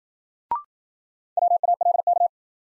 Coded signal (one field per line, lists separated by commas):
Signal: Morse code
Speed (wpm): 52 wpm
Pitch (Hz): 700 Hz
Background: none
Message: WALK